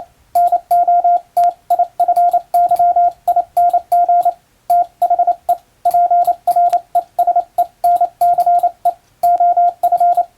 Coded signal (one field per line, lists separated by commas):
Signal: Morse code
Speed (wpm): 28 wpm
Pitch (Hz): 700 Hz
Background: radio noise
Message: NOTIFYING THE PRESENCE OF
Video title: 昭和の通信方法、懐かしいモールス信号を打ってみた！暗号を使うようでカッコいいかな？欧文モールス符号を打ってみました！YouTubeの速度を調整して聴いてみよう morse code practice